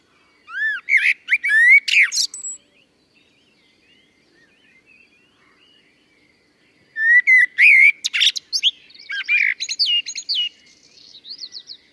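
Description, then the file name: Common blackbird song: two phrases of low fluted whistles ending in high squeaky twittering flourishes, separated by a pause of about four seconds, with faint bird calls between. "Turdus merula"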